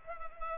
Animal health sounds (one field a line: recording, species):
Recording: mosquito wingbeat signal from an infrared sensor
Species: Culex pipiens